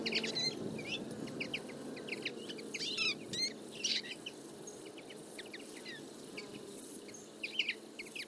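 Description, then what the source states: Common Linnet flock twitter, scattered clipped notes and short chatters throughout. Flock of about fifty feeding in a field in late summer; calls, flights and autumn babbling; recorded for an hour with a single-microphone parabola.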